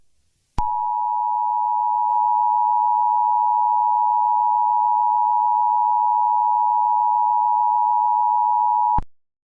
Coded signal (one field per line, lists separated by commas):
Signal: Emergency Alert System (SAME) tones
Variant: 853 and 960 Hz attention tone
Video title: EAS Scenario | Looney Tunes Error (#99)